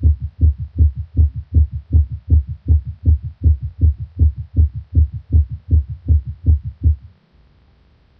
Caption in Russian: Пароксизмальная тахикардия аускультативно проявляется большой частотой сердечных сокращений, обычно более 150 ударов в минуту, при сохранении правильного ритма. Громкость тонов обычно повышена, однако различить первый и второй тоны бывает крайне сложно. Сделанную у больного ишемической болезнью сердца в момент пароксизма наджелудочковой тахикардии.